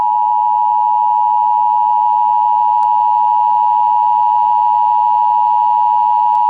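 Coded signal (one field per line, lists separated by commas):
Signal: Emergency Alert System (SAME) tones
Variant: 853 and 960 Hz attention tone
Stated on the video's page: Real EAS Severe Thunderstorm Warning tones interrupting a SpongeBob broadcast.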